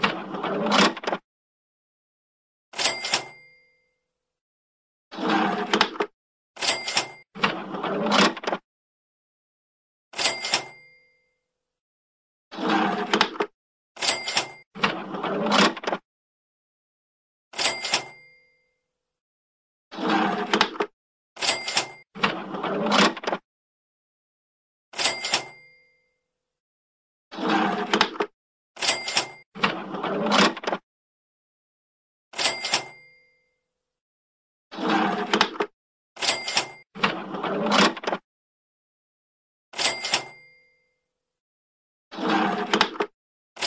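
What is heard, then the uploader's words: A money drawer is opened and shut again and again, each burst a quick clattering slide ending in sharp metallic clicks. The bursts come every couple of seconds or so, bright, with dead silence between them and no other sounds. This episode of the White Noise Podcast is A MONEY DRAWER.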